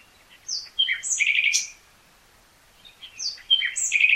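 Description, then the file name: Common nightingale song, loud and varied: two rich phrases of sharp whistles, slurred notes and rapid chatter, broken by a short pause of about one second. "Luscinia megarhynchos"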